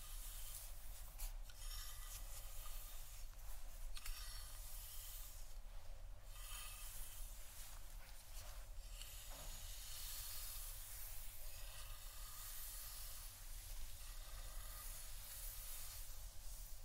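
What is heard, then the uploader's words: Hair being brushed and a head massaged, a dense, steady bright rustle and scratch running throughout with brief louder strokes around two, four, six and nine seconds. A constant low hum sits underneath, and the level stays fairly even. ASMR Real Hair Brushing & Head Massage （No Talking）.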